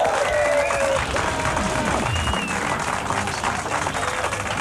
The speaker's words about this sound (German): Noch ein extra Beifall.